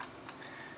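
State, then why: Seated. A plastic cover panel is pushed back onto the housing of an SKS wine cooler, over the rerouted wires, until it snaps in. Two sharp clicks are heard at about 0.0 and 0.3 seconds, and the panel is seated firmly in place.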